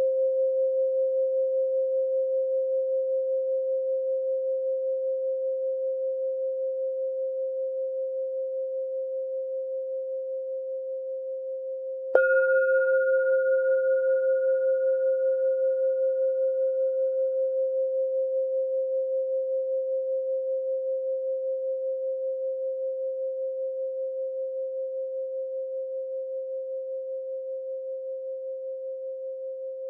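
A singing bowl rings as a steady, slowly fading mid-pitched tone, struck again around twelve seconds, adding a brighter overtone that fades within seconds.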